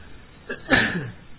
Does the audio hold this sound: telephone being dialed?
no